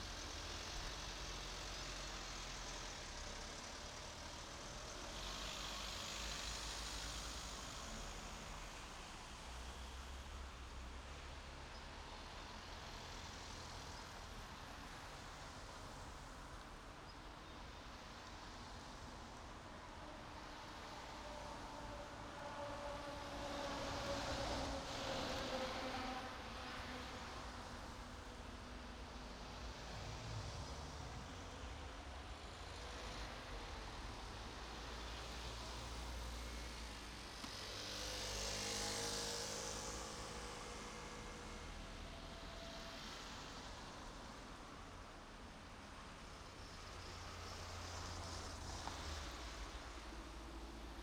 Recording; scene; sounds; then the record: everyday scene through a hearing-aid microphone; in traffic; traffic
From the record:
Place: main road on the outskirts, rush hour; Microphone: in the ear canal, right